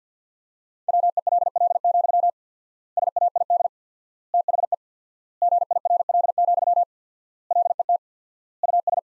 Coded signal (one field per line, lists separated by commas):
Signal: Morse code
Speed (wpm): 46 wpm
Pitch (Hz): 700 Hz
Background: none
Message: WELL, SAID THE GIRL, LET US